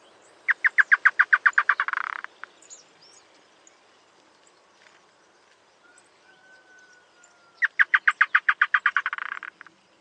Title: LuckyPassaro Completos2Sama. Chotoy Spinetail (Schoeniophylax phryganophilus phryganophilus (ssp assumed from location))